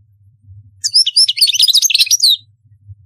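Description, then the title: European goldfinch singing a short, quick tumble of high tinkling and twittering notes for about one and a half seconds, low hum in the background. "Chant Chardonneret"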